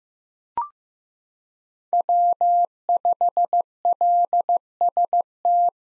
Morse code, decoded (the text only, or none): W5LST